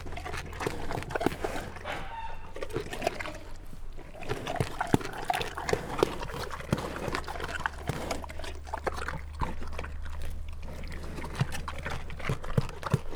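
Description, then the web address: Brown bear feeding with steady chewing, lip-smacking and crunching, irregular clicks throughout, a low hum underneath. Captive brown bears eating at a zoo in Jászberény, 2016; microphone placed in front of the bears' noses. "allathangok jaszberenyizoo 2016 professzionalis barnamedve esznekabarnamedvek orrukelottamikrofon"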